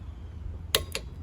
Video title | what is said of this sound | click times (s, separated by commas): How to change your Honda Lawn Mower Spark plugs | there you go done click click once | 0.8 s